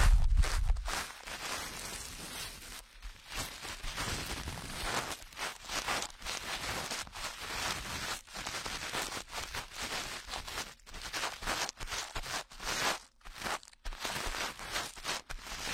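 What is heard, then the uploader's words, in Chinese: Ear cleaning, heard as dense scratchy rustling and crackling that comes in uneven strokes with brief gaps of near silence every second or two. The scraping is bright and hissy throughout, with a dull low thump at the very start. 掏耳朵。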